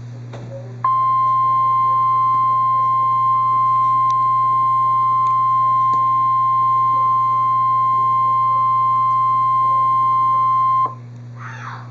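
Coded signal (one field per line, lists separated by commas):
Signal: Emergency Alert System (SAME) tones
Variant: 1050 Hz attention tone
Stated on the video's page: Real NOAA Weather Radio Tornado Warning alert.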